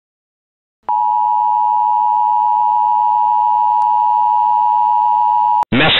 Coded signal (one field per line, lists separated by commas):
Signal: Emergency Alert System (SAME) tones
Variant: 853 and 960 Hz attention tone